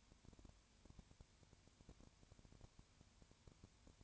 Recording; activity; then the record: daily activity, microphone in the room; no activity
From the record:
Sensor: 2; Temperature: 20.3 degrees Celsius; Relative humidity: 33.8%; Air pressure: 1003.1 hPa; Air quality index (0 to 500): 82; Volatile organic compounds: 1 ppm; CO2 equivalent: 786 ppm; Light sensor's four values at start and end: 2/3/2/2 and 2/3/2/2